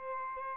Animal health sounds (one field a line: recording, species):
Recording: mosquito wingbeat signal from an infrared sensor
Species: Aedes albopictus